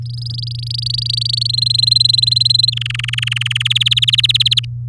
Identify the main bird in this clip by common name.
Domestic Canary